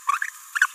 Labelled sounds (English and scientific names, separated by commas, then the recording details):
Green-rumped Parrotlet (Forpus passerinus) babbling
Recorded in a nest box in Venezuela
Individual 18B17A4